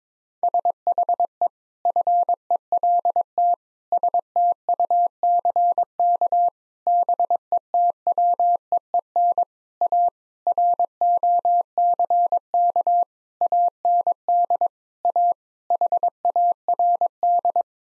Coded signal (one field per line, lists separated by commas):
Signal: Morse code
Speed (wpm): 22 wpm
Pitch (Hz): 700 Hz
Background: none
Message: SHE FELT STUCK BETWEEN A ROCK AND A HARD